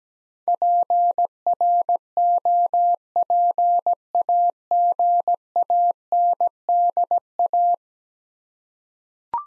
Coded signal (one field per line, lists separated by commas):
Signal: Morse code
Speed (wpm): 17 wpm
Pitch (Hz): 700 Hz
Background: none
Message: PROPAGANDA